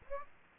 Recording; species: mosquito wingbeat signal from an infrared sensor; Aedes aegypti